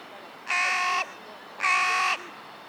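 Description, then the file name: Carrion crow giving two loud, hoarse, flat caws about a second apart against a quiet background. "Corvus corone - Carrion Crow"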